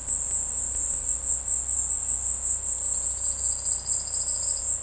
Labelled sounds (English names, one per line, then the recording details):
none
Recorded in dense forest near Puerto Asís, Putumayo, Colombia, on 21 February 2024 at 16:00
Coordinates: 0.487, -76.319
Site G6403